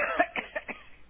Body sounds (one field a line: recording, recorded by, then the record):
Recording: voluntary cough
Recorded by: telephone call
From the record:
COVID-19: positive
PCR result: checked with the laboratory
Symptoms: no